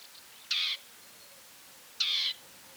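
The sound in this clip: Dartford warbler with two brief, rasping churr calls, the second following about one and a half seconds after the first, in quiet surroundings.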